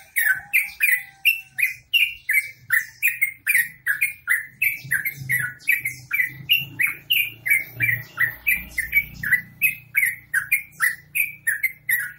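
Bird giving a rapid string of harsh, down-sweeping chips, with a faint low hum running beneath the song.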